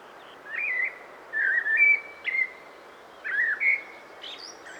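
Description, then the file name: Common blackbird delivering several short mellow whistled phrases with slurred notes, separated by brief pauses, finishing with thin high notes. "Turdus merula"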